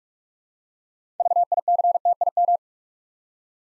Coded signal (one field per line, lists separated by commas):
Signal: Morse code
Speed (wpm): 44 wpm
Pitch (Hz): 700 Hz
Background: none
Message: VICTIM